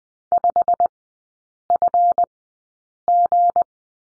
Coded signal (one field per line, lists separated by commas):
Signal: Morse code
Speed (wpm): 20 wpm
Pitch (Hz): 700 Hz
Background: none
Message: 5FG